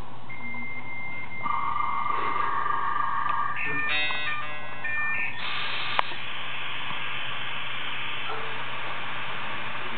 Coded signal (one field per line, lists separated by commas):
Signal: dial-up modem handshake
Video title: Item 081: Dialup Aria (intro)